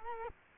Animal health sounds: mosquito wingbeat signal from an infrared sensor; Culex quinquefasciatus

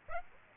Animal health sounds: mosquito wingbeat signal from an infrared sensor; Aedes aegypti

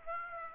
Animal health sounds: mosquito wingbeat signal from an infrared sensor; Aedes aegypti

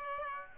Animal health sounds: mosquito wingbeat signal from an infrared sensor; Aedes aegypti

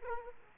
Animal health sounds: mosquito wingbeat signal from an infrared sensor; Aedes aegypti

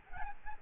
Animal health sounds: mosquito wingbeat signal from an infrared sensor; Aedes albopictus

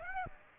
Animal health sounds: mosquito wingbeat signal from an infrared sensor; Aedes aegypti

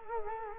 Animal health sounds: mosquito wingbeat signal from an infrared sensor; Culex quinquefasciatus

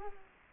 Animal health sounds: mosquito wingbeat signal from an infrared sensor; Culex quinquefasciatus

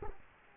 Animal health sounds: mosquito wingbeat signal from an infrared sensor; Culex quinquefasciatus

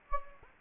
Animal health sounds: mosquito wingbeat signal from an infrared sensor; Anopheles gambiae

